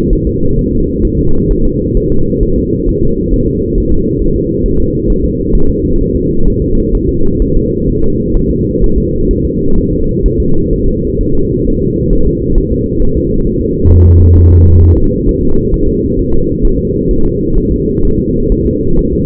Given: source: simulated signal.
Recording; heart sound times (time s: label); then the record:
fetal heart sounds
0.13 s: S1
0.27 s: S2
0.59 s: S1
0.73 s: S2
1.05 s: S1
1.19 s: S2
1.51 s: S1
1.65 s: S2
1.97 s: S1
2.12 s: S2
2.43 s: S1
2.58 s: S2
2.89 s: S1
3.03 s: S2
3.34 s: S1
3.48 s: S2
3.78 s: S1
3.92 s: S2
4.22 s: S1
4.36 s: S2
4.66 s: S1
4.80 s: S2
5.10 s: S1
5.24 s: S2
5.55 s: S1
5.70 s: S2
6.01 s: S1
6.15 s: S2
6.48 s: S1
6.62 s: S2
6.95 s: S1
7.09 s: S2
7.42 s: S1
7.57 s: S2
7.90 s: S1
8.04 s: S2
8.37 s: S1
8.51 s: S2
8.84 s: S1
8.98 s: S2
9.31 s: S1
9.45 s: S2
9.78 s: S1
9.92 s: S2
10.26 s: S1
10.40 s: S2
10.73 s: S1
10.88 s: S2
11.21 s: S1
11.35 s: S2
11.67 s: S1
11.82 s: S2
12.13 s: S1
12.27 s: S2
12.58 s: S1
12.72 s: S2
13.02 s: S1
13.17 s: S2
13.47 s: S1
13.61 s: S2
13.92 s: S1
14.06 s: S2
14.38 s: S1
14.52 s: S2
14.83 s: S1
14.98 s: S2
15.29 s: S1
15.43 s: S2
15.74 s: S1
15.88 s: S2
16.19 s: S1
16.34 s: S2
16.65 s: S1
16.79 s: S2
17.11 s: S1
17.26 s: S2
17.58 s: S1
17.72 s: S2
18.05 s: S1
18.19 s: S2
18.52 s: S1
18.66 s: S2
18.99 s: S1
19.13 s: S2
From the record:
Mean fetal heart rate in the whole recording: 130 bpm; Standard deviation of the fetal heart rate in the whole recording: 4 bpm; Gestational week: 38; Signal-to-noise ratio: -17.7 dB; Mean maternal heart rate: 72 bpm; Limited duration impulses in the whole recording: present